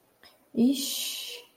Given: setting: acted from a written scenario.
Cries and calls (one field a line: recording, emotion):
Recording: vocal sound without words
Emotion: embarrassment